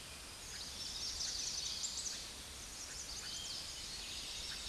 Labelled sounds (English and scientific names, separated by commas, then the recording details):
Chestnut-sided Warbler (Setophaga pensylvanica) song
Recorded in a Pennsylvania forest on 16 May 2024 at 06:54
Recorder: AudioMoth, point MSD-0521
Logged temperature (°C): 15.8 °C
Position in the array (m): 83 m, 60 m